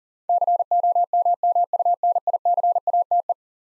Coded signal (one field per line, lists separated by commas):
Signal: Morse code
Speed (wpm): 40 wpm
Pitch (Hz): 700 Hz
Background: none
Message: COMMUNICATE